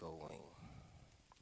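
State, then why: Not seated. A Sena Freewire Bluetooth adapter unit for a Goldwing is handled at its plastic mounting bracket, positioned with the on/off switch visible and the cables facing down. Someone talks throughout, and a brief soft sound comes near 1.3 s. Nothing has seated or clicked yet.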